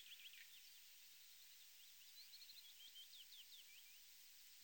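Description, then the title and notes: Willow warbler singing, a busy run of thin whistled notes, with constant background hiss. Songbird song recorded in Germany, Austria or Switzerland. "European Songbird Songs Calls Europäische Singvögel. Fitis. Sounds of birds from Germany, Austria, Switzerland"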